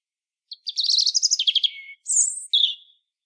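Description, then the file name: European robin song: a rippling, rapidly repeated high warble dropping in pitch, then a very high squeaky note and a short falling whistle. "Erithacus rubecula"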